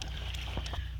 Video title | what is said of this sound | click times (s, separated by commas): Green machine "Smart Tool" generator | Should have a little click, and then there you go. | 0.0 s